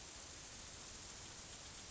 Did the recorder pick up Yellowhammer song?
no